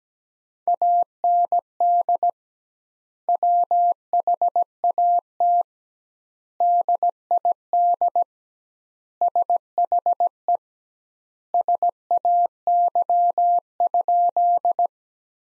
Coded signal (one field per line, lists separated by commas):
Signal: Morse code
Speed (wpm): 17 wpm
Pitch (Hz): 700 Hz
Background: none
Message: AND WHAT DID SHE SAY?